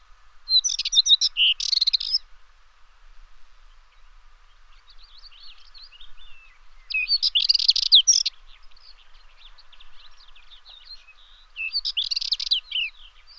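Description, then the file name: Dartford warbler song, a dry scratchy warble delivered in three brief rattling phrases spaced several seconds apart, with faint softer notes in between. "Sylvia undata"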